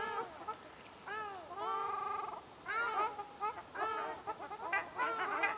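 Ruddy shelduck honking calls, drawn-out nasal honks followed by quicker bursts of trumpeting notes.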